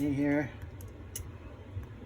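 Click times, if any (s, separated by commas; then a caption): 1.2 s. Someone talks briefly, then a 3D printed plastic base plate is pressed onto the bottom of a mini lever switch housing by clamping its edge with vice grips. Faint ticks are heard around 0.8 s and 1.8 s, and a sharp click at 1.2 s marks the plate snapping into place, seated.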